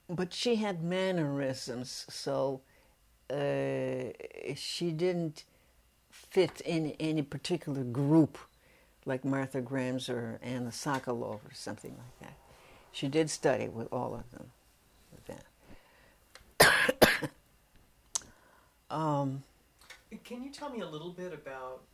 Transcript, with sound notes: but she had mannerisms so she didn't fit in any particular group like Martha Graham or Anna Sokolov or somebody like that. She did study with all of them then. [coughs]
Can you tell me a little bit about